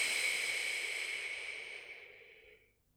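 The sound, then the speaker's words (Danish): One long, slow exhale during a deep-breathing exercise done lying on the back with bent legs, a soft airy hiss that starts steady and gradually fades away over about three seconds, with no talking. “Og puster ud.”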